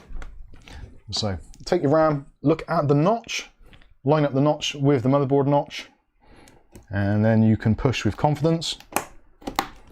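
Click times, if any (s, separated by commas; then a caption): 9.0 s, 9.6 s. A DDR4 memory stick is lined up with the slot notch and pushed firmly into a motherboard DIMM slot while someone talks. Two sharp clicks are heard at about 9.0 s and 9.6 s as the retention clips snap, and the stick is seated.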